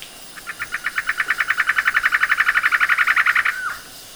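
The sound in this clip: Bird calling in a fast series of short repeated notes, swelling in loudness and ending with a single downslurred note.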